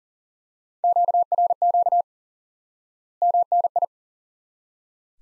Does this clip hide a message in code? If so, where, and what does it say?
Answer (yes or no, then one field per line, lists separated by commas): yes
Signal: Morse code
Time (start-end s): 0.8-3.8 s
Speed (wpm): 40 wpm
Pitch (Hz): 700 Hz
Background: none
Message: QRQ MNI